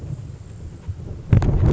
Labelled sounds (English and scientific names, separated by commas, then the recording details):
Grasshopper Sparrow (Ammodramus savannarum)
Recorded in Sonoma County, California